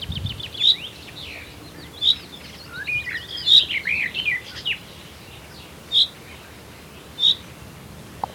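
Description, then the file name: Common chaffinch giving short, bright high calls at irregular intervals, with a quick twittering phrase midway. "Fringilla coelebs"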